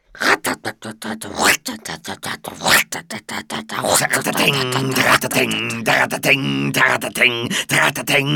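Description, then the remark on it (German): A voice loudly imitates a rumbling old express train, starting with rapid choppy chugging bursts, then sliding into strained, whistling, tonal wails that stay loud until the end. “So ein Krach macht nur ein alter D-Zug.”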